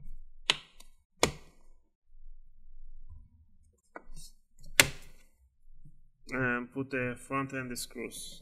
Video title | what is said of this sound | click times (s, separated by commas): Hp X360 14 Cd Repaste with Liquid Metal STEP By STEP | put the bottom cover right on top push the sides you're going to hit the click sound | 0.5 s, 1.2 s, 4.8 s